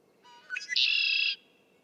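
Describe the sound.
Red-winged blackbird song: a low note and quick rising chips lead into a harsh, buzzy, ringing trill held for about half a second.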